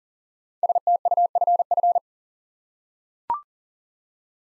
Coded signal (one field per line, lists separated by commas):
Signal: Morse code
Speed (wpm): 39 wpm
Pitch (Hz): 700 Hz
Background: none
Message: STUFF